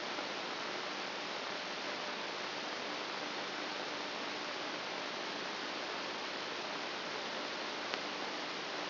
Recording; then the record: brain microelectrode recording played as sound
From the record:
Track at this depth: outside the subthalamic nucleus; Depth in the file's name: 0.643 mm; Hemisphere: left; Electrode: 2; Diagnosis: Parkinson's disease